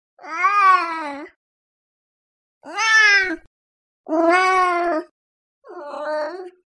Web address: zvuk myau ot kota kotorogo ostavili doma odnogo